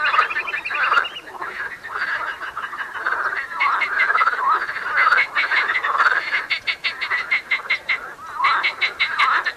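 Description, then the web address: Marsh frogs croaking in a dense chorus, overlapping nasal croaks giving way to fast rattling series. Frogs calling in the Tävsmoor. "seefrosch. rufen jetzt die froesche im taevsmoor"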